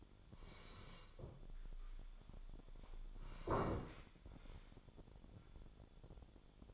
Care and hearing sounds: daily activity, microphone in the room; sit down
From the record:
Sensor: 5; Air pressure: 1015.4 hPa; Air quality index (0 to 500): 172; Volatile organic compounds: 6 ppm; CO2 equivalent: 1869 ppm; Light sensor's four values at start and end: 37/84/34/33 and 37/84/34/33

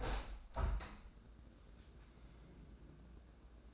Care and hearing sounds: daily activity, microphone in the room; open window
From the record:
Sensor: 2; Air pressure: 1012.1 hPa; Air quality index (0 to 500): 99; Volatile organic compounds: 1 ppm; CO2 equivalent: 752 ppm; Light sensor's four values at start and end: 113/271/112/111 and 113/269/111/111

